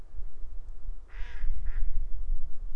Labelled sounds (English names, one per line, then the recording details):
Mallard
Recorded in Germany
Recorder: ecoPi